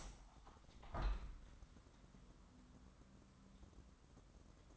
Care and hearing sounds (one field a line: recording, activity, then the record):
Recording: daily activity, microphone in the room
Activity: open window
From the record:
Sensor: 3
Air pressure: 998.0 hPa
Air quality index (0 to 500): 135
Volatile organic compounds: 4 ppm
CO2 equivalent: 1609 ppm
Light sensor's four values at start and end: 15/42/17/16 and 15/42/17/16